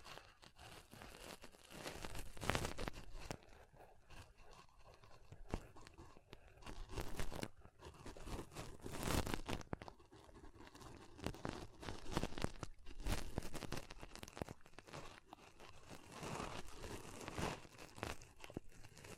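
Pom poms are rubbed and squeezed, making a dense, crackly rustling that runs without a break for the whole clip. The texture is bright and fizzy, with fuller crunchy surges near 2.5, 7, 9, 12.5 and 15 seconds.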